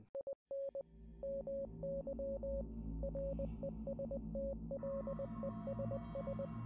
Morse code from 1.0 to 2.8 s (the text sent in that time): MY